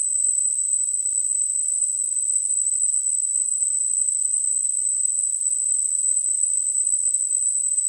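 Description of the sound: Simulated tinnitus sound.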